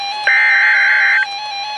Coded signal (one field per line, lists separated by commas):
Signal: Emergency Alert System (SAME) tones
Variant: header bursts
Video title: NOAA - Severe Thunderstorm Warning (EAS #1,186)